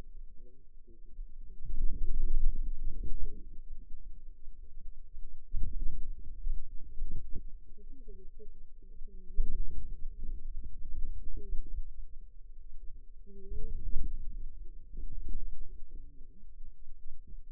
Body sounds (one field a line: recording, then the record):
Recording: forearm muscle sounds (acoustic myography)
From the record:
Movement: outward rotation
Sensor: system 2, bracelet of six BSWA MPA416 microphones around the upper forearm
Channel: 2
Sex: female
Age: 21 years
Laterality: right